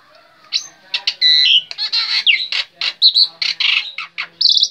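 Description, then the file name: Black-winged myna song: harsh squawks mixed with short pure whistles and buzzy bursts, delivered in quick irregular phrases. Indonesian name jalak putih; bird described as gacor, singing constantly. "suara jalak putih gacor"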